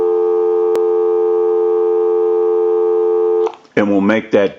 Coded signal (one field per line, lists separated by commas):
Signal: telephone call progress tone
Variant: North America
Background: speech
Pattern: dial tone